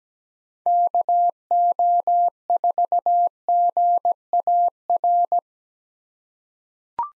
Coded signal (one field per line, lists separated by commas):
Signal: Morse code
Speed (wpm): 17 wpm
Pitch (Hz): 700 Hz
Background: none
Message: KO4GAR